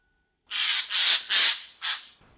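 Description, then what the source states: Eurasian jay giving four harsh, hoarse, rasping screeches in quick succession. Hoarse cry, nicknamed 'alarm of the forest'; other species recognise it as a warning that an intruder is entering the territory.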